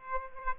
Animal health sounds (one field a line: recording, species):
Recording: mosquito wingbeat signal from an infrared sensor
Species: Aedes aegypti